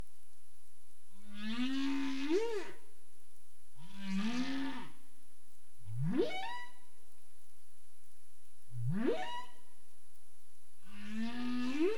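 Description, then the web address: Humpback whale sounds: five deep moans, a mix of low arching groans and steep rising whoops, roughly every two to three seconds, with a faint constant tone behind. 27 April 2035, 21:47 UTC. "CARIMAM. humpback whale 20350427 214731 UTC"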